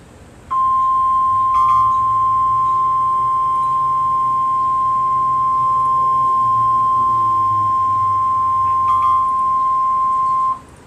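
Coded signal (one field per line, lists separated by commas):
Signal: Emergency Alert System (SAME) tones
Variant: 1050 Hz attention tone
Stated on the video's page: NOAA Weather Radio EAS Tornado Watch from WXK85 Oklahoma City on 162.400 MHz, recorded off air.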